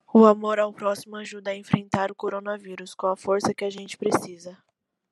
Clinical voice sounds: spoken sentence; Brazilian Portuguese; female; 20 to 29 years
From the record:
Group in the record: control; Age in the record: 22 years

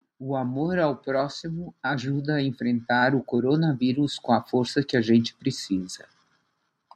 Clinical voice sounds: spoken sentence; Brazilian Portuguese; female; 70 to 79 years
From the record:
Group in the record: control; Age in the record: 70 years

